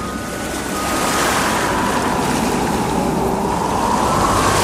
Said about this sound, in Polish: Co to za szalone jezioro? Dlaczego jego woda jest taka wzburzona? Fale są takie wysokie, zaraz zaleje mi piżamę.